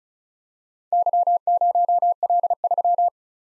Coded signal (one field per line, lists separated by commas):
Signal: Morse code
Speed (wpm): 38 wpm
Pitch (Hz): 700 Hz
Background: none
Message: Y0L3